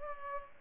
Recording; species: mosquito wingbeat signal from an infrared sensor; Culex pipiens